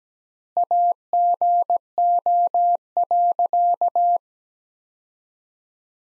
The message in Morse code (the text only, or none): AGO.